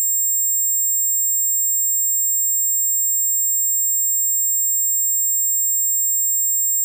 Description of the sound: Ringing In Ears 2 Harmonics.